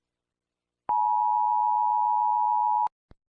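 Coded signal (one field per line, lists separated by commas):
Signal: Emergency Alert System (SAME) tones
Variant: 853 and 960 Hz attention tone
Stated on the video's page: Fictional EAS scenario mock, not a real alert.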